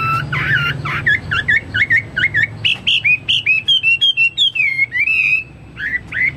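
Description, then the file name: Chinese hwamei song with quick, varied whistled notes in a steady string, ending in longer wavering slurs; a low hum sits underneath. "omkicau hwamei"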